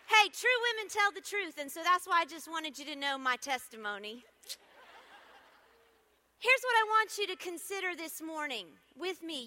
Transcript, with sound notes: Hey, true women tell the truth, and so that’s why I just wanted you to know my testimony. (laughter) Here’s what I want you to consider this morning with me...